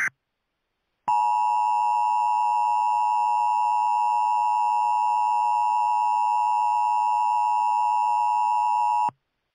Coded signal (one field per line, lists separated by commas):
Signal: Emergency Alert System (SAME) tones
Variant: 853 and 960 Hz attention tone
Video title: The WEIRD WORLD of EAS Scenarios